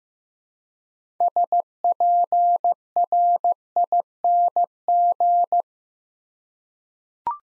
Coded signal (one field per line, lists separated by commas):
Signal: Morse code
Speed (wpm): 15 wpm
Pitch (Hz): 700 Hz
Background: none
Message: SPRING